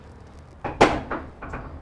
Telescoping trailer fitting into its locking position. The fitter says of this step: and then this one just pulls out popped into place by itself